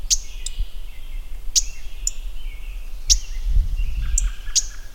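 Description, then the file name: Mourning warbler calls: sharp, high chip notes repeated about every one and a half seconds, with faint softer notes between and low rumbling background noise. "Mourning Warbler - Geothlypis philadelphia"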